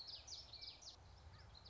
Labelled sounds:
Common Yellowthroat (Geothlypis trichas)
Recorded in Sonoma County, California

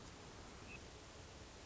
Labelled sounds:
Hermit Thrush (Catharus guttatus)
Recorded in Sonoma County, California

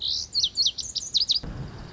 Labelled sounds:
Lazuli Bunting (Passerina amoena)
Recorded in Sonoma County, California

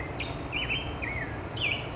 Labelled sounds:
Black-headed Grosbeak (Pheucticus melanocephalus)
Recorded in Sonoma County, California

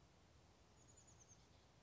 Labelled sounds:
Chestnut-backed Chickadee (Poecile rufescens)
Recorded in Sonoma County, California

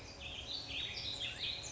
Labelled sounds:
Warbling Vireo (Vireo gilvus)
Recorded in Sonoma County, California

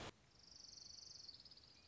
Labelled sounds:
Orange-crowned Warbler (Leiothlypis celata)
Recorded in Sonoma County, California

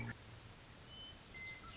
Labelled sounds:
Western Meadowlark (Sturnella neglecta)
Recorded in Sonoma County, California

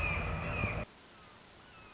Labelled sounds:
Red-shouldered Hawk (Buteo lineatus)
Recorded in Sonoma County, California

